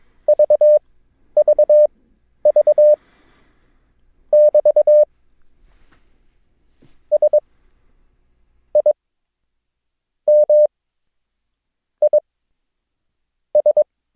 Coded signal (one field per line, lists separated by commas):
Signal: Morse code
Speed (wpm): 22 wpm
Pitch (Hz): 600 Hz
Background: none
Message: VVV<BT> SIMIS